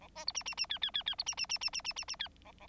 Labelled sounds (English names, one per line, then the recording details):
Bengalese Finch song
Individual Bird9